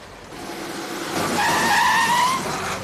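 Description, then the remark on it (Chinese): A car's tires screech in a sustained, high-pitched skid as it hits a girl crossing the road, rising out of a broad rush of engine and road noise, growing louder for about a second before easing off. “车真人啊！”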